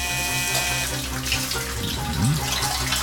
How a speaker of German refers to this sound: Jetzt konnte ich endlich eine schnelle Dusche nehmen.